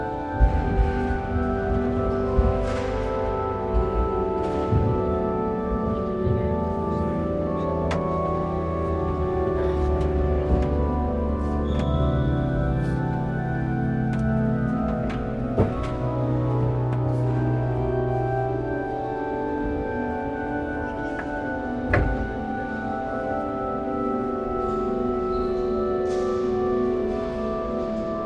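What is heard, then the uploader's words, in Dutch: A large cathedral interior with a steady organ-like drone of sustained low and middle tones filling the space. Sharp wooden clicks and knocks from stall gates opening and closing pop out every few seconds, notably near 2, 8, 16 and 22 seconds, ringing in the reverberant hall. Sint Janskathedraal, Den Bosch, Netherlands. There was a service in proceedings for the celebration of Pentecost. You can hear the opening and closing of the gates on the stalls as people come to sit down.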